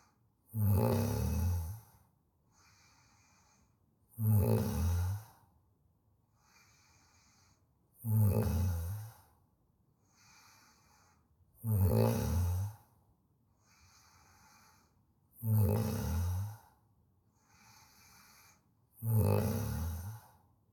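An adult human snoring: six loud, low-pitched snores recur regularly at about 16 per minute, with quieter breaths between them.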